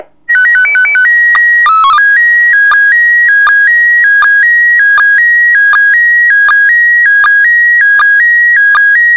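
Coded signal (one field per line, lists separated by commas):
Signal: SSTV (slow-scan television)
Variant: PD 180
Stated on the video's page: SSTV received during an ISS pass.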